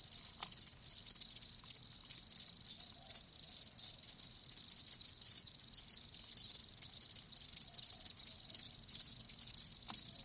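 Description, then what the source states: Crickets chirp in a continuous high buzzy trilling, pulses coming fast throughout. Live crickets chirping in a lulling song.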